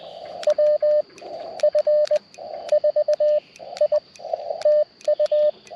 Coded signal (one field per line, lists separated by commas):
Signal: Morse code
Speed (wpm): 19 wpm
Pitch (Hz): 590 Hz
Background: radio noise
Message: WF4I TU